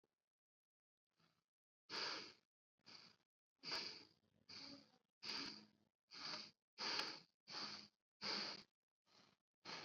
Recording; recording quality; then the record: shallow breathing; excellent, no background noise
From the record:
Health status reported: COVID-19 positive, mild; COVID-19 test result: positive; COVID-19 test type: rapid antigen test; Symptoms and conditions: cough, another respiratory illness, hypertension, diabetes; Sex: male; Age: 60 years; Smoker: no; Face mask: worn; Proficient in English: yes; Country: India